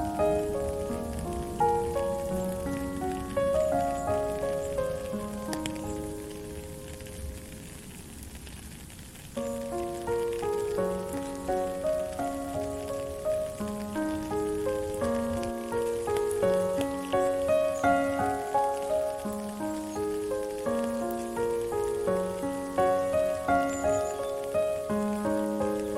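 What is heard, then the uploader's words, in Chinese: A gentle melody plays over steady rain, its notes moving in clear, unhurried steps across low and middle pitches. The rain forms a constant soft hiss underneath. Around nine seconds the music briefly thins and quiets, then resumes fuller for the rest. 唯美的旋律及雨聲。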